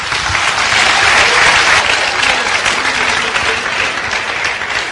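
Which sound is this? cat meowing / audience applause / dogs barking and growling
audience applause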